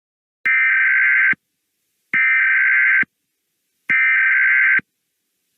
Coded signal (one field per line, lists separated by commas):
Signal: Emergency Alert System (SAME) tones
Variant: header bursts